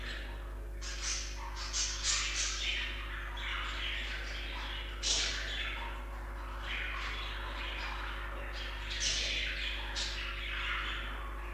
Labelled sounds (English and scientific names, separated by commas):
Budgerigar (Melopsittacus undulatus) call